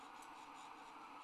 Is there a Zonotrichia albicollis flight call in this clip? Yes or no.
no